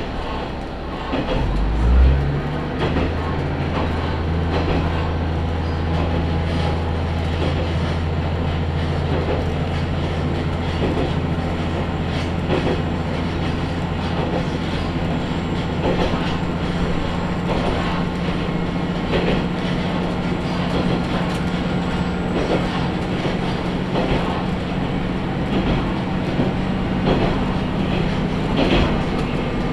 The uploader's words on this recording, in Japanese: 宝くじ号で移動 天竜浜名湖鉄道 金指→天竜二俣。念願の宝くじ号（現在は新・スローライフトレイン号）に乗車できました。